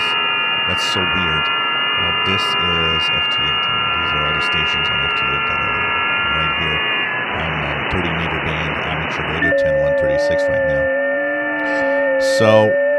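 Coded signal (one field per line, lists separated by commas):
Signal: FT8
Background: speech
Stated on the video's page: FT8 signal received on SDRuno.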